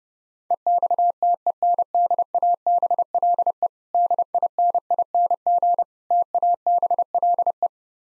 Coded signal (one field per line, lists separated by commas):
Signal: Morse code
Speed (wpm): 29 wpm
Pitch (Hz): 700 Hz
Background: none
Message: EXTENDABLE DINING TABLE